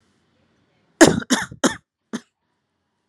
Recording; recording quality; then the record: shallow voluntary cough; excellent, no background noise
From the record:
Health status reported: recovered from COVID-19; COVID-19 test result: negative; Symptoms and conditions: breathing difficulty, sore throat, fatigue, loss of smell and taste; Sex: female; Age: 30 years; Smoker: not ticked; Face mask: not worn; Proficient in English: yes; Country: India